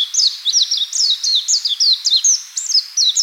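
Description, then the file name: Warbling white-eye twittering: rapid, high, thin slurred notes tumbling up and down in a continuous chatter. "Zosterops japonicus"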